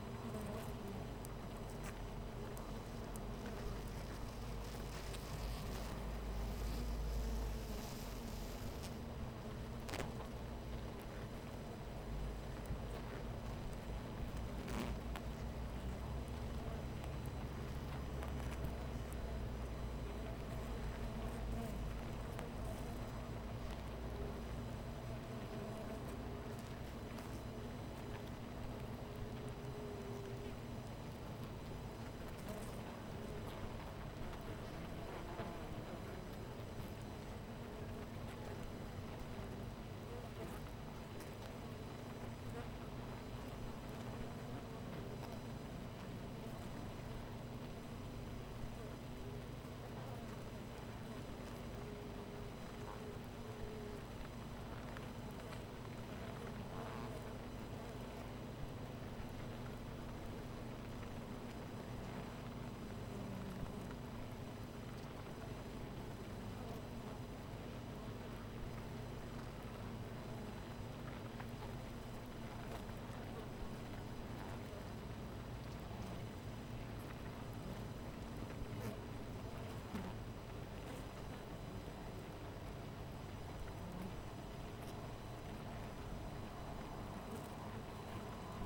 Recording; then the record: honeybee colony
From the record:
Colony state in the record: missing queen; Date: 14 July 2017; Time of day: 13:03